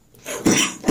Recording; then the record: coughing mixed with background sound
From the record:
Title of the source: Spring Cold Coughing 3